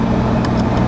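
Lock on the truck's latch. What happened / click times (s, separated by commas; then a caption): The lock is being handled but has not snapped shut yet / none. A lock is being put on a truck's latch by hand, over a steady low vehicle engine rumble with a few faint, brief metallic rattles. The lock has not snapped closed or clicked yet.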